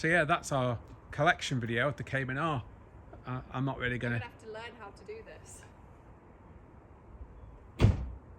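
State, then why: Partly seated. An unidentified part on a new Porsche Cayman R sports car is pushed down until it clicks, after someone talks. One sharp click is heard at 7.8 seconds. It seems to engage, but the part is not fully home and needs a little more push.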